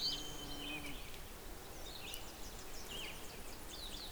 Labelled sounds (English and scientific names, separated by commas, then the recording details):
Red-eyed Vireo (Vireo olivaceus) song
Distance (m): 85 m
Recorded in boreal forest in Alberta, Canada, on 6 June 2016 at 08:33
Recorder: SongMeter 3, array SBT-3-51
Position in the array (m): 140 m, 81 m